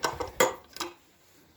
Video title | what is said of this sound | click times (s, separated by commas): Parkside PRW 2 A1 #parkside#lidl #lidltools | Jetzt ist die Sicherung eingerastet und dient auch zum Aufklappen des Stuhls. | 0.4 s